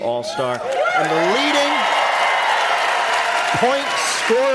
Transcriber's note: applause